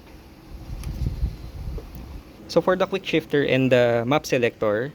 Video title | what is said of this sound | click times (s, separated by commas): Racing ECU for Suzuki GSX 150 | vì vậy chỉ cần ấn nó vào cho đến khi bạn nghe thấy tiếng tách | 0.8 s